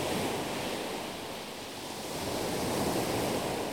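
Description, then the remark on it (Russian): Sea waves break on the shore in a steady, loud roaring wash of surf that dips slightly, then swells again toward the end, with no voices. “Но во время плохой погоды, когда на море очень сильный ветер, шторм, прибрежные волны могут достигать высоты многоэтажного дома.”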